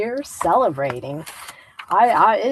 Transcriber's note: paper rustles